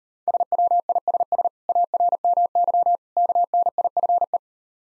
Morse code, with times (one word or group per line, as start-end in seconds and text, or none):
0.3-1.5 SWISS
1.7-3.0 ARMY
3.2-4.4 KNIFE